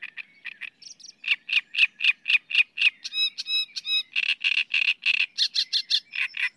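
Great reed warbler song: steady stream of harsh, churring, croaky notes, a few higher squeaky ones mixed in, repeated at roughly four per second throughout.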